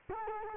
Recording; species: mosquito wingbeat signal from an infrared sensor; Culex quinquefasciatus